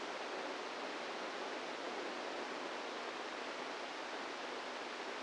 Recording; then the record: brain microelectrode recording played as sound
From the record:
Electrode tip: inside the subthalamic nucleus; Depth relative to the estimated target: -2 mm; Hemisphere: right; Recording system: NeuroSet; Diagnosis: Parkinson's disease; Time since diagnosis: 10 years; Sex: female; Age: 45 years